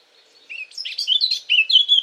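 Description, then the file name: Eurasian blackcap warble, a lively run of quick, varied fluty notes rising and dipping. "Sylvia atricapilla"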